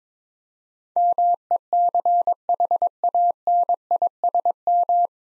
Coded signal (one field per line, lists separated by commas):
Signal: Morse code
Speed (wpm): 22 wpm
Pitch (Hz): 700 Hz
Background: none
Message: MECHANISM